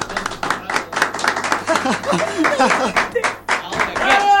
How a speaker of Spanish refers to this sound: Aplauso, muchachos. Aplauso.